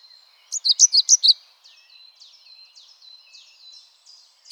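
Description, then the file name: European pied flycatcher song, a short burst of several bright, rapid notes, followed by quieter thin notes. "GOBEMOUCHE NOIR"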